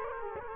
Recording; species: mosquito wingbeat signal from an infrared sensor; Culex quinquefasciatus